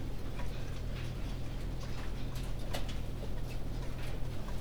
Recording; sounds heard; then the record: poultry house recording; no chicken sound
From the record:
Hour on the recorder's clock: 19